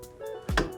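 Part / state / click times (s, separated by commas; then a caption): aft safety gate into its upright locking mount on a yacht / seated / 0.6 s. A hinged safety gate on the aft deck of a Majesty 120 yacht is lifted up into its upright locking mount over soft background music. A sharp, knock-like hit at 0.6 s marks the gate locking into place.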